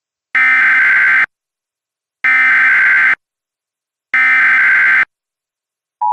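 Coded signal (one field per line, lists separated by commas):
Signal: Emergency Alert System (SAME) tones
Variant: header bursts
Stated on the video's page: Mock reenactment of a National Weather Service Corpus Christi High Wind Warning, using valid EAS tones.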